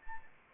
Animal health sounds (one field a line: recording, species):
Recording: mosquito wingbeat signal from an infrared sensor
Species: Anopheles arabiensis